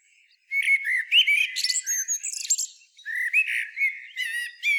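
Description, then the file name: Common blackbird pouring out dense fluted warbling with scratchy high squeaks, pausing once briefly before another run of whistled notes. "Turdus merula"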